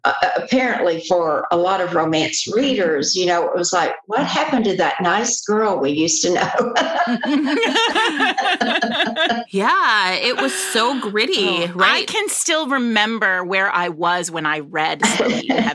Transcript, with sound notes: apparently for a lot of romance readers, it was like, "What happened to that nice girl we used to know?" (laughter)
Yeah! It was so gritty. I can still remember where I was when I read Slow Heat in Heaven.